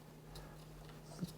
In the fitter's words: the magazine locked in. You can hear it click, and it comes right out.